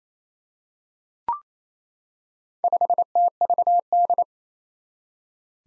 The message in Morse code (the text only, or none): 5TVD